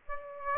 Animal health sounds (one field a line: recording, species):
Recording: mosquito wingbeat signal from an infrared sensor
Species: Aedes aegypti